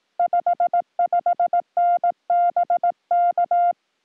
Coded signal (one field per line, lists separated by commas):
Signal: Morse code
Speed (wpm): 18 wpm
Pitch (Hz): 700 Hz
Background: none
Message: 55N BK